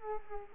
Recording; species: mosquito wingbeat signal from an infrared sensor; Culex quinquefasciatus